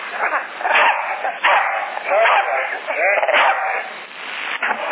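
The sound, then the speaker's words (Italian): A dog gives a series of short barks and yips at an uneven pace, mixed with some whining, while people talk over it. “Questo è più bello, abbaita.”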